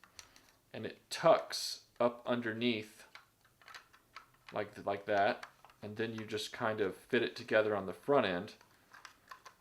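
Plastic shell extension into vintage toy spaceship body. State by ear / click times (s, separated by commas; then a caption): seated / 9.1 s. A plastic extension on the back of a shell section of a vintage 1984 Kenner Star Wars B-Wing toy spaceship is tucked underneath the body, then the front end is fitted together. Someone talks over faint plastic handling sounds, and a sharp click at 9.1 s marks the section seating into place.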